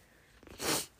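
One sneeze from an adult woman whose allergies are flaring this week from wildfire smoke building up in her valley town in California, with a very itchy nose: a short catching intake, then a sharp, hissing burst of air lasting about a quarter second.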